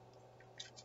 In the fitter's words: need to make sure those click into place look where the knee is